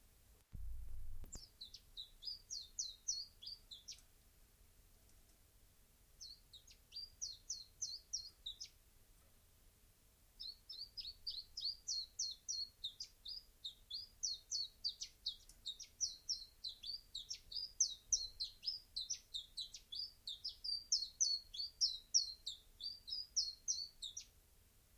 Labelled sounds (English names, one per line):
Common Chiffchaff song